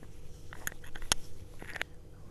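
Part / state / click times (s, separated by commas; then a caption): side brush into robot vacuum hub / seated / 1.1 s. A snap-on side brush is pressed onto the hub on the side of a robot vacuum, with small plastic ticks and rustling around the fitting. A sharp snap at 1.1 s marks it locking in place, and the brush is seated.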